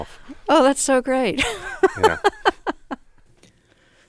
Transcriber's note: soundbite of laughter